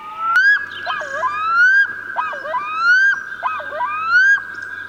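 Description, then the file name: Black-throated loon calls: rich wailing phrases that dip and then climb, repeated three times. "kuikka"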